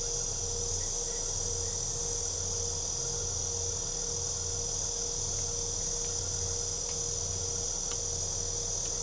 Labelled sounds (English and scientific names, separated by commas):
none